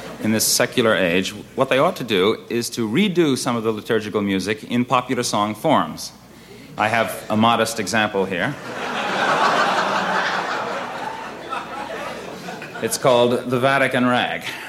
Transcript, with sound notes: in...
(LAUGHTER)
...This secular age, what they ought to do is to redo some of the liturgical music in popular song forms. I have a modest example here.
(LAUGHTER)
It's called "The Vatican Rag."